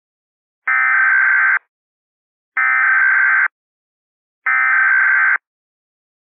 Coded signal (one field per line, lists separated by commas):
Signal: Emergency Alert System (SAME) tones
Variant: header bursts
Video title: EAS Scenario - Thunder Strikes